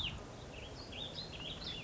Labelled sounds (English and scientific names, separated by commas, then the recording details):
Warbling Vireo (Vireo gilvus)
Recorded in Sonoma County, California